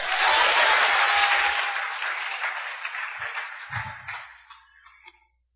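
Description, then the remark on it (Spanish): Loud audience applause for God, "the King of Glory", during a Spanish-language sermon: a dense burst of many hands clapping at once that holds steady, then thins and fades away over several seconds, with no voices over it. “¡Oh, dale palmas al Rey de Gloria en esta tarde!”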